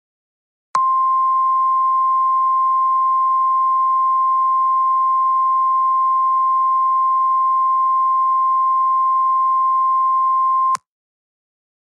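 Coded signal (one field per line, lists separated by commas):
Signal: Emergency Alert System (SAME) tones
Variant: 1050 Hz attention tone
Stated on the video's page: Fictional EAS scenario for a Cascadia Subduction Zone earthquake; fully valid EAS tones.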